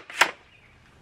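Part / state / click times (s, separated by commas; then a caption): circular saw onto its guide track / seated / 0.2 s. A Festool HKC, a circular saw and speed square combined into one, is slid onto its aluminium guide track. A brief sliding scrape is followed by a sharp click at 0.2 s as the saw locks in place on the rail, then quiet.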